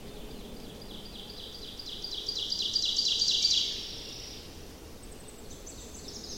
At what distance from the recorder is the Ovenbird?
about 35 m